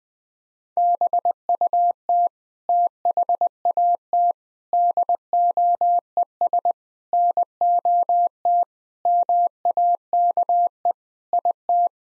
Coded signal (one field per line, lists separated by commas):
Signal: Morse code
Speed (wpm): 20 wpm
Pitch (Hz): 700 Hz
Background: none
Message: BUT THAT DOES NOT MAKE IT